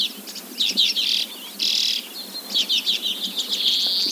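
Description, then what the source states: Arctic redpoll with brief twittering chatters and a couple of buzzy, wheezy notes. Greenland.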